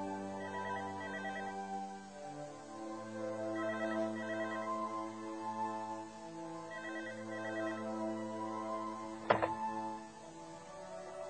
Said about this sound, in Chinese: 我不知道这个电话还会是哪一个打来。